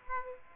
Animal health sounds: mosquito wingbeat signal from an infrared sensor; Aedes aegypti

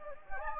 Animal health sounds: mosquito wingbeat signal from an infrared sensor; Anopheles gambiae

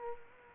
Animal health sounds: mosquito wingbeat signal from an infrared sensor; Culex quinquefasciatus

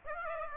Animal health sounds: mosquito wingbeat signal from an infrared sensor; Aedes aegypti

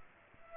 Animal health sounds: mosquito wingbeat signal from an infrared sensor; Culex pipiens

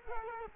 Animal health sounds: mosquito wingbeat signal from an infrared sensor; Culex quinquefasciatus

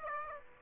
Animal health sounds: mosquito wingbeat signal from an infrared sensor; Aedes aegypti

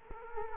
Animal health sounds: mosquito wingbeat signal from an infrared sensor; Culex quinquefasciatus

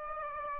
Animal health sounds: mosquito wingbeat signal from an infrared sensor; Aedes aegypti

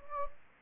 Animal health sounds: mosquito wingbeat signal from an infrared sensor; Anopheles gambiae

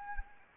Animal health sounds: mosquito wingbeat signal from an infrared sensor; Anopheles arabiensis

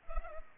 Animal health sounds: mosquito wingbeat signal from an infrared sensor; Culex pipiens

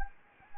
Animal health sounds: mosquito wingbeat signal from an infrared sensor; Anopheles gambiae

